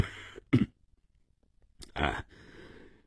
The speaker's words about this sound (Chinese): 过了一会儿，洛金的父亲咳嗽了一声。